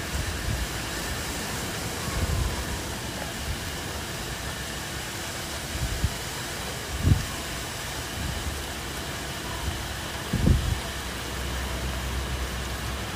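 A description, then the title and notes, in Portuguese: Calm rain falls over a city as an even, steady hiss, with a low rumble of traffic or wind underneath. Two short, deep thuds stand out, around seven seconds and again near ten and a half. Som de Chuva. Ouça o som de uma chuva calma com vento que cai sobre a cidade.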